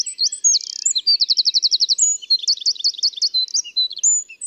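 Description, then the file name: Eurasian wren, loud, continuous high-pitched song of rapid trills, switching between several trill types with sharp notes. "Troglodytes troglodytes"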